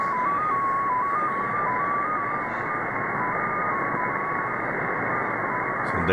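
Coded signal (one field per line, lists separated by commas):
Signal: numbers station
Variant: XPA2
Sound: one steady tone hopping quickly between a few nearby pitches, under constant hiss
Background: radio static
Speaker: so this is xp a2 uh on 13394 upper sideband and this comes from moscow russia it is a digital number station spy number station actually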